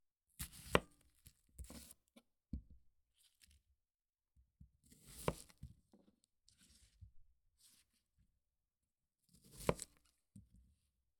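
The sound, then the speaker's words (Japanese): A sharp kitchen knife chops through an onion in crisp bursts, each one a quick cluster of cuts landing on a cutting board, separated by short pauses, with no talking. “しかし切れ味のいい包丁だと切り口の細胞を潰すことがありません。ほらこの通り。”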